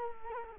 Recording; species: mosquito wingbeat signal from an infrared sensor; Culex quinquefasciatus